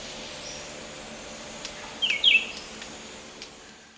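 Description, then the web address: Red-eyed vireo giving a single quick two-part slurred phrase, high-pitched and brief, against faint background noise. Song, eastern lowlands of South America. "Natures Songs S America Eastern Lowlands. Vireo olivaceus, song"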